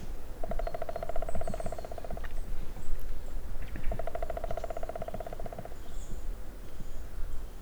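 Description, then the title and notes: Woodpecker drums two rapid rolls, each near two seconds, separated by a short pause, against low background rumble and faint bird calls. Recordist unsure whether a Picus woodpecker (žluna) or black woodpecker (datel); on a dry spruce near wetlands at Hatě, Ústí, Czechia. "Ústí, Czechia - datel na suchém smrku. žluna nebo datel na suchém smrku nedaleko mokřadů na Hatích"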